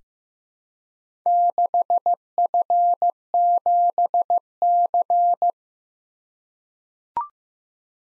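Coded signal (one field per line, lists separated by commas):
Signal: Morse code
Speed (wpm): 15 wpm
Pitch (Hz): 700 Hz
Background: none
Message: 6F7C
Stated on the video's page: Morse practice at 15 wpm of random four-character letter-number groups, each sent twice.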